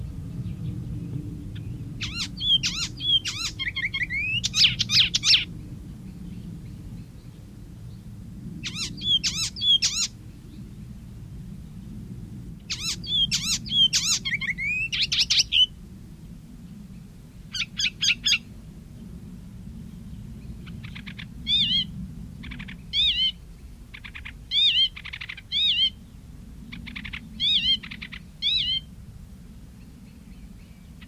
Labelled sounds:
Icterine Warbler song

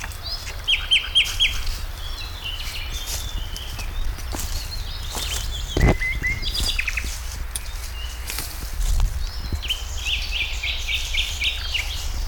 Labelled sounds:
Garden Warbler

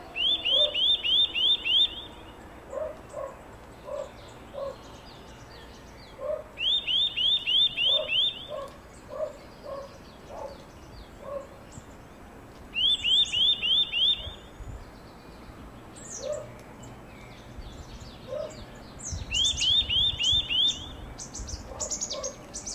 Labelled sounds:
Eurasian Nuthatch song

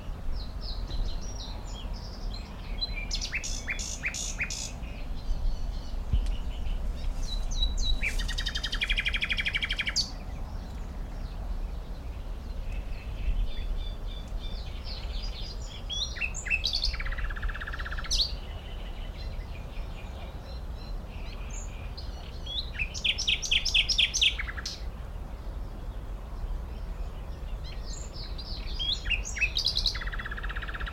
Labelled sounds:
Common Nightingale

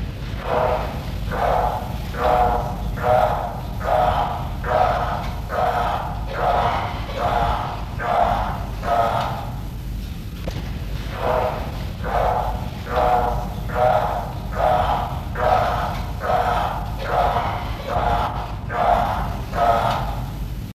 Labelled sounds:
Spot-billed Toucanet call

